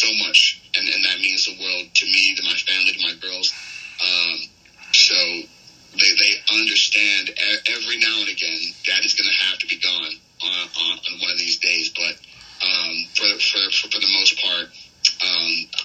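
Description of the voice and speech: An adult male professional wrestler speaks in an interview with a stutter. Words and syllables are repeated, as in "for, for, for, for" and "they, they", with frequent "um" fillers and pauses between phrases. His stutter fades when he cuts wrestling promos.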